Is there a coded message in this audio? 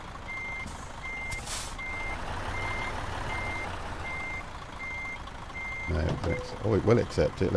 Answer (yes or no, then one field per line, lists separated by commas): no